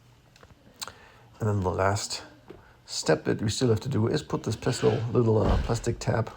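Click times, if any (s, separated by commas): 0.9 s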